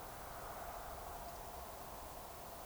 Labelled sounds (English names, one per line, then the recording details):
Eurasian Woodcock whistle
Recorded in Baden-Württemberg, Germany, on 15 June 2020 at 02:23 UTC
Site 43791, 788 m above sea level